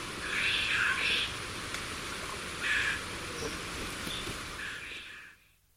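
Black-capped donacobius calling in short, scratchy, chattering bursts, three separate phrases, against constant background hiss.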